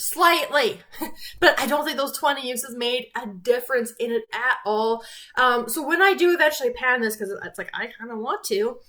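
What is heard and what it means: A lipstick tube with its cap is being handled while someone talks throughout. The cap has not yet clicked shut onto the tube, and nothing has seated or clicked by the end of the clip.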